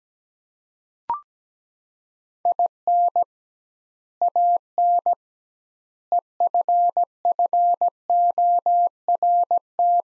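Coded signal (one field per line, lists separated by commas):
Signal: Morse code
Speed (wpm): 17 wpm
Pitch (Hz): 700 Hz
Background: none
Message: IN AN EFFORT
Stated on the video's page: Morse practice of sets of four words at 17 wpm with 2x word spacing, a Farnsworth-like method.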